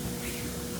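The plastic front bumper cover of a 2020 Toyota RAV4 is being handled as its tabs are pushed toward their clips on the body. The clip is a steady, broadband noisy hum with low tones and no distinct sounds. Nothing has seated or clicked yet.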